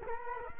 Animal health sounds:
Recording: mosquito wingbeat signal from an infrared sensor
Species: Culex quinquefasciatus

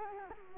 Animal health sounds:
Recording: mosquito wingbeat signal from an infrared sensor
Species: Culex quinquefasciatus

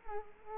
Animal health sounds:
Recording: mosquito wingbeat signal from an infrared sensor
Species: Culex quinquefasciatus

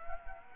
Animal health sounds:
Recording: mosquito wingbeat signal from an infrared sensor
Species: Culex quinquefasciatus

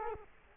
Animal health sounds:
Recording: mosquito wingbeat signal from an infrared sensor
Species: Culex quinquefasciatus

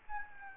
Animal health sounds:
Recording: mosquito wingbeat signal from an infrared sensor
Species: Aedes albopictus

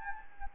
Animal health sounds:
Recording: mosquito wingbeat signal from an infrared sensor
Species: Anopheles gambiae

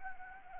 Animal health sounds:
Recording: mosquito wingbeat signal from an infrared sensor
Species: Anopheles arabiensis

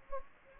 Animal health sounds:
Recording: mosquito wingbeat signal from an infrared sensor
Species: Anopheles gambiae

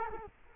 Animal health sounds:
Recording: mosquito wingbeat signal from an infrared sensor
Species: Culex quinquefasciatus

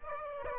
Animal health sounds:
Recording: mosquito wingbeat signal from an infrared sensor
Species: Aedes aegypti

